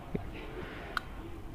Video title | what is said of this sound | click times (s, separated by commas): Cara Mengatasi Charger HP Tidak Bisa Mengisi Baterai | Oke, ini sudah klik ya, sudah masuk, | 1.0 s